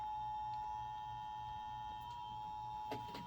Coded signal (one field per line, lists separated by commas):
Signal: Emergency Alert System (SAME) tones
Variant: 853 and 960 Hz attention tone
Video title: IT'S ALL IN FOCUS (L.S. EAS #103) Tornado Warning